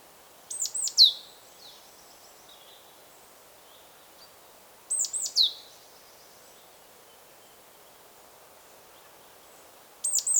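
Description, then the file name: Great tit repeating a three-note call every four to five seconds; each burst has high, downslurred notes, with faint quieter chirps between them. "Parus major"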